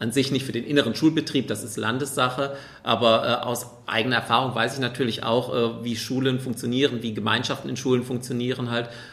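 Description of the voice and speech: An adult man who does not stutter speaks German fluently at an even pace, with a few ordinary 'äh' fillers and no stuttering.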